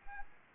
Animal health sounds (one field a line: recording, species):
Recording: mosquito wingbeat signal from an infrared sensor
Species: Anopheles arabiensis